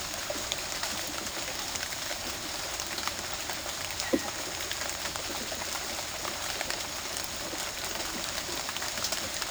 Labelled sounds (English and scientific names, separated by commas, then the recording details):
none
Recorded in secondary vegetation near Puerto Asís, Putumayo, Colombia, on 21 March 2025 at 15:30
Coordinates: 0.488, -76.319
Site G095